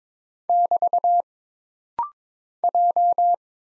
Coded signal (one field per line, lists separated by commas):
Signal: Morse code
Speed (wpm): 22 wpm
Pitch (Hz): 700 Hz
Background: none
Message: <BT> J